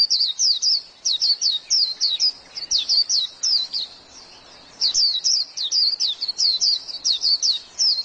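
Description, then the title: White-eye song: rapid high twittering notes in bursts of chirps, with a short pause near the middle, no other clear sounds. "Pleci"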